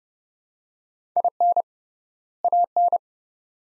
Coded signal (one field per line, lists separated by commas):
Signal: Morse code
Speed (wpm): 31 wpm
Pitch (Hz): 700 Hz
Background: none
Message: IN AN